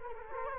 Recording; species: mosquito wingbeat signal from an infrared sensor; Culex quinquefasciatus